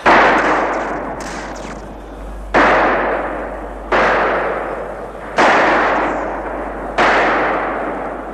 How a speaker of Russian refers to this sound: Смотри, огоньки, выстрелы движутся в сторону, уйдут! Не уйдут! Слышишь? Обложили их.